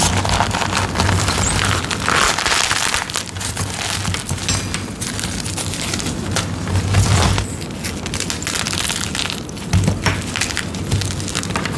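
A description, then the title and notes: Dyed gym chalk is shaved and crushed, with dense, gritty scraping and crumbling that runs steadily throughout. Brighter crunches stand out around two, seven and ten seconds, with a low hum underneath. Shaving dyed gym chalk blocks. ASMR Shaving green dyed gym chalk and shards sandwich crush.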